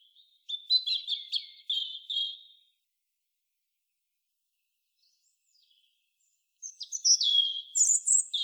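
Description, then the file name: European robin song: a warbling phrase of jumbled high notes, a few seconds of near silence, then another varied phrase with thin high squeaks and twittering. "Erithacus rubecula"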